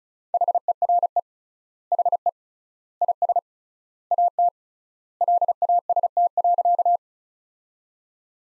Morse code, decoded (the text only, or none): HERE HE IS AT LAST.